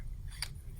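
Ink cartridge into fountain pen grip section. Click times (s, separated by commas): 0.4 s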